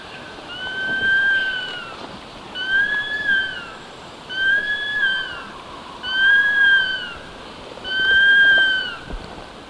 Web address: Natures Songs S America Eastern Lowlands. Nasica longirostris, song